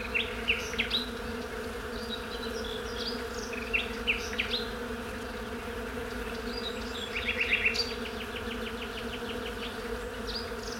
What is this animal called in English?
Honey Bee